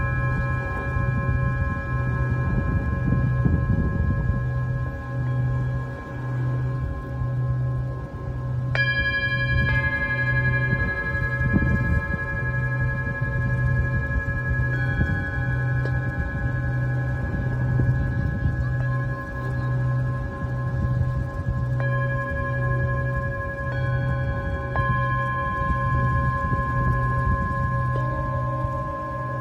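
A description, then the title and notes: A Tibetan singing bowl rings with long, sustained tones that overlap and slowly fade. New strikes add fresh bright ringing at about 9, 10, 15, 22 and 28 seconds. Underneath, a low, pulsing rumble wavers steadily throughout. Tibetan Singing Bowl のサウンドヒーリングLIVE.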